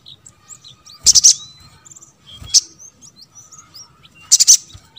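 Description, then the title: Spiderhunter song: three sharp high bursts over about five seconds, interspersed with faint thin twitters and squeaky notes. Caged-bird training recording (masteran) of the Labaik variant. "Masteran Burung Sogok Ontong Labaik"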